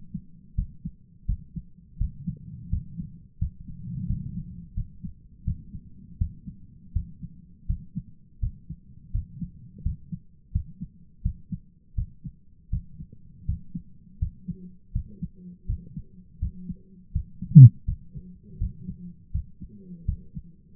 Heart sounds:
heart sounds by stethoscope; 83 bpm
0.54 s: heartbeat
1.25 s: heartbeat
1.97 s: heartbeat
2.69 s: heartbeat
3.38 s: heartbeat
4.06 s: heartbeat
4.73 s: heartbeat
5.43 s: heartbeat
6.17 s: heartbeat
6.92 s: heartbeat
7.66 s: heartbeat
8.39 s: heartbeat
9.11 s: heartbeat
9.82 s: heartbeat
10.51 s: heartbeat
11.21 s: heartbeat
11.94 s: heartbeat
12.69 s: heartbeat
13.45 s: heartbeat
14.18 s: heartbeat
14.91 s: heartbeat
15.65 s: heartbeat
16.38 s: heartbeat
17.11 s: heartbeat
17.84 s: heartbeat
18.57 s: heartbeat
19.31 s: heartbeat
20.04 s: heartbeat
From the record:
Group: healthy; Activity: rest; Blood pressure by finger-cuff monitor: 154/80 mmHg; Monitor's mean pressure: 97 mmHg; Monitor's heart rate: 83 bpm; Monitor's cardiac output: 8.4 L/min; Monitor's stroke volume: 102 mL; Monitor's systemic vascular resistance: 840 dyn s/cm5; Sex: male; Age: 57 years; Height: 188 cm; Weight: 106 kg

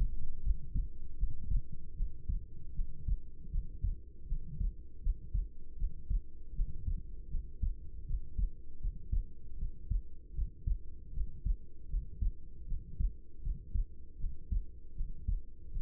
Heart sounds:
heart sounds by stethoscope; 78 bpm
0.41 s: heartbeat
1.16 s: heartbeat
1.94 s: heartbeat
2.73 s: heartbeat
3.49 s: heartbeat
4.26 s: heartbeat
5.00 s: heartbeat
5.76 s: heartbeat
6.53 s: heartbeat
7.28 s: heartbeat
8.04 s: heartbeat
8.79 s: heartbeat
9.56 s: heartbeat
10.33 s: heartbeat
11.11 s: heartbeat
11.88 s: heartbeat
12.65 s: heartbeat
13.41 s: heartbeat
14.17 s: heartbeat
14.94 s: heartbeat
15.70 s: heartbeat
From the record:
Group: healthy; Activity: cold pressor test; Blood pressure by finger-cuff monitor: 110/60 mmHg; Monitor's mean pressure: 77 mmHg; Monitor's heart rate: 78 bpm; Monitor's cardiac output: 6.9 L/min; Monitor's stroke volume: 88 mL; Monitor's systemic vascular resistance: 800 dyn s/cm5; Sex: female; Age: 26 years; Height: 165 cm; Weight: 55 kg

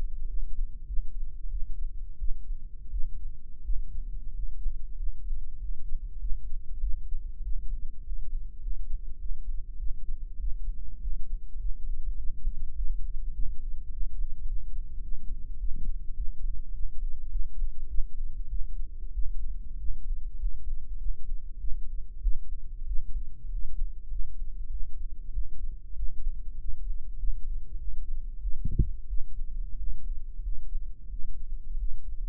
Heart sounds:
heart sounds by microphone in the right ear; 97 bpm
0.25 s: heartbeat
0.84 s: heartbeat
1.48 s: heartbeat
2.17 s: heartbeat
2.89 s: heartbeat
3.62 s: heartbeat
4.30 s: heartbeat
4.95 s: heartbeat
5.57 s: heartbeat
6.18 s: heartbeat
6.79 s: heartbeat
7.41 s: heartbeat
8.00 s: heartbeat
8.58 s: heartbeat
9.17 s: heartbeat
9.76 s: heartbeat
10.37 s: heartbeat
10.98 s: heartbeat
11.57 s: heartbeat
12.15 s: heartbeat
12.73 s: heartbeat
13.31 s: heartbeat
13.88 s: heartbeat
14.44 s: heartbeat
15.00 s: heartbeat
15.57 s: heartbeat
16.14 s: heartbeat
16.71 s: heartbeat
17.28 s: heartbeat
17.86 s: heartbeat
18.47 s: heartbeat
19.12 s: heartbeat
19.76 s: heartbeat
20.36 s: heartbeat
20.96 s: heartbeat
21.57 s: heartbeat
22.20 s: heartbeat
22.84 s: heartbeat
23.47 s: heartbeat
24.07 s: heartbeat
24.68 s: heartbeat
25.31 s: heartbeat
25.95 s: heartbeat
26.56 s: heartbeat
27.15 s: heartbeat
27.76 s: heartbeat
28.39 s: heartbeat
29.06 s: heartbeat
29.75 s: heartbeat
30.40 s: heartbeat
31.07 s: heartbeat
31.76 s: heartbeat
From the record:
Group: healthy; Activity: rest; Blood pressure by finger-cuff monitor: 126/88 mmHg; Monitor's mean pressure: 100 mmHg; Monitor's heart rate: 98 bpm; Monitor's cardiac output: 6.8 L/min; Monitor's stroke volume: 69 mL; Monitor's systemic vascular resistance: 1080 dyn s/cm5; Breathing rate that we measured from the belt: 19 breaths a minute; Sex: male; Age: 21 years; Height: 180 cm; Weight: 67.5 kg

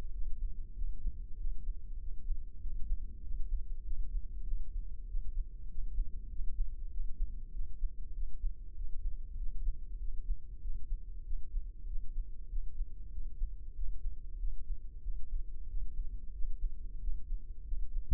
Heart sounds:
heart sounds by microphone in the left ear; 96 bpm
0.14 s: heartbeat
0.77 s: heartbeat
1.40 s: heartbeat
2.02 s: heartbeat
2.63 s: heartbeat
3.24 s: heartbeat
3.86 s: heartbeat
4.48 s: heartbeat
5.10 s: heartbeat
5.71 s: heartbeat
6.32 s: heartbeat
6.93 s: heartbeat
7.54 s: heartbeat
8.16 s: heartbeat
8.78 s: heartbeat
9.39 s: heartbeat
10.01 s: heartbeat
10.63 s: heartbeat
11.26 s: heartbeat
11.89 s: heartbeat
12.51 s: heartbeat
13.14 s: heartbeat
13.77 s: heartbeat
14.41 s: heartbeat
15.05 s: heartbeat
15.70 s: heartbeat
16.35 s: heartbeat
17.03 s: heartbeat
17.67 s: heartbeat
From the record:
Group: healthy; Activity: rest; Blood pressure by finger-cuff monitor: 116/68 mmHg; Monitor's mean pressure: 85 mmHg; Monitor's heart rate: 96 bpm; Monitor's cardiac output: 8.1 L/min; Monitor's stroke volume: 83 mL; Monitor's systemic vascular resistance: 760 dyn s/cm5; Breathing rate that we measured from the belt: 18 breaths a minute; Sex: male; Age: 21 years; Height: 175 cm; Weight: 72.6 kg

